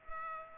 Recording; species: mosquito wingbeat signal from an infrared sensor; Culex pipiens